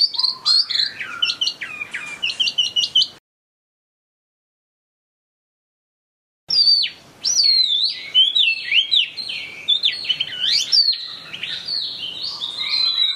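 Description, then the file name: Chinese hwamei song: rich, fluty whistles and rising and falling slurs, with rapid trills, pausing for a few seconds before a long varied phrase. Hwamei in gacor condition, in full song. "audio-hwamei-gacor -omkicau"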